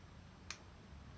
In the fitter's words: até ouvir um clique